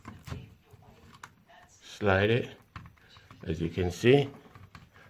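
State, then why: Partly seated. A smoke alarm head is twisted back onto its ceiling mounting base while someone talks, with small plastic taps and a click at 4.8 s. Its light comes on, but the alarm does not sit level on the base, so it is not right and must be backed off and reseated square until it clicks.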